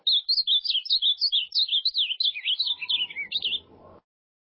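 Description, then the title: Ultramarine grosbeak singing a rapid, jumbled stream of clear whistled notes, sliding up and down, as a low rumbling noise and faint hum come in toward the end. "Azulao"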